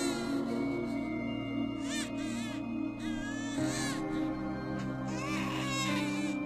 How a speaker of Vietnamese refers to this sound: Tiếng trẻ con khóc vang lên choe choé trong đêm ma mị.